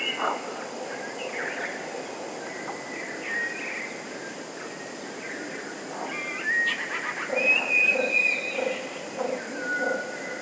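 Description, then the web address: Eurasian blue tit song: thin high whistled notes and short rattling bursts, with other bird sounds and a steady background hiss. "wroblowe teka spiew. modraszkoteka"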